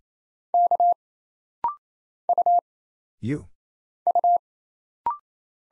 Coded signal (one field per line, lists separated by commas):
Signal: Morse code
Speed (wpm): 29 wpm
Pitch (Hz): 700 Hz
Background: none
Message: K U U